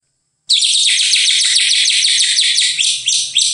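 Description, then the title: Bird song: one unbroken, fast, high twittering stream of tightly packed buzzy notes, loud and steady for about three seconds. "KICAU BURUNG"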